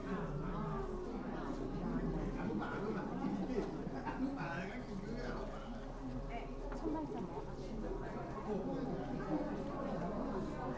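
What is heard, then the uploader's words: A day of wandering in Kanazawa: many voices talk at once in a steady, dense murmur, with no single speaker standing out for long. The level stays even throughout, over a constant low hum underneath, with occasional brief clicks and clatters. Recordings I made on the 25 May 2017 during a day of wandering in Kanazawa, an important cultural town on the west coast of Honshu Japan.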